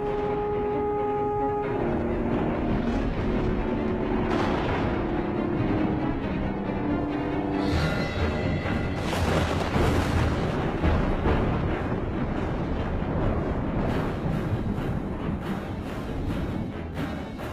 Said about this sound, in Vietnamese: Đúng lúc một tiếng sét chói lòa vụt lên, mọi thứ sáng rực.